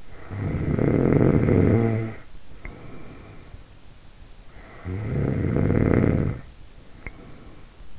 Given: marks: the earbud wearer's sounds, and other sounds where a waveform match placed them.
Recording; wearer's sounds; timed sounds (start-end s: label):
sounds in sleep by an in-ear microphone; snoring breath
0.00-3.77 s: snoring breath
4.51-7.89 s: snoring breath